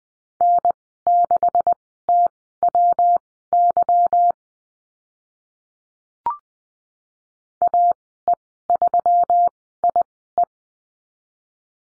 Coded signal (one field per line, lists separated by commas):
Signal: Morse code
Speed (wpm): 19 wpm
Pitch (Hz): 700 Hz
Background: none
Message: N6TWY AE3IE